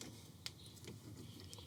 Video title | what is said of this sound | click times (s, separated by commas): Repair leaking radiator on a Toyota ( Toyota Hilux / Tacoma / 4Runner) | so remember this one clicks in here at the bottom just like that didn't click in very firmly but as I said it was already unlicked I think it's just because it's really old | 0.5 s